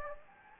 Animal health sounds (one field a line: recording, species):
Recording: mosquito wingbeat signal from an infrared sensor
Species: Anopheles gambiae